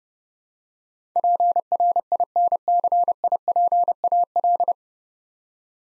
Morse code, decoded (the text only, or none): PRINCIPAL